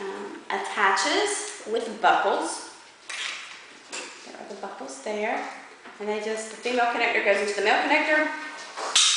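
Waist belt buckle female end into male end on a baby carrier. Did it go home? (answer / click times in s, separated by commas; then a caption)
yes / 9.0 s. Someone talks while pushing the female half of a plastic side-release buckle into the male half on a baby carrier's padded waist belt. A sharp click at 9.0 s shows the waist buckle has snapped shut and seated.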